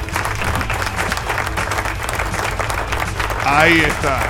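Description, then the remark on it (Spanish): A steady, dense burst of crowd applause, many hands clapping at an even loudness, with a brief voice rising over it near the end. “Aplauso.”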